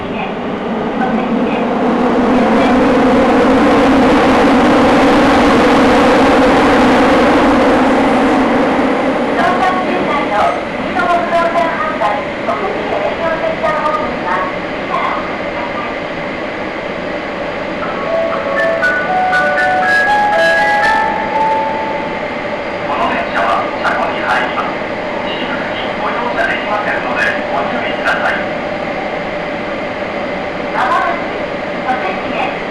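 Inside a Sakura-dori Line subway car between Taiko-dori and Tokushige, a steady rumble swells early, then squeals, clicks and faint voices emerge.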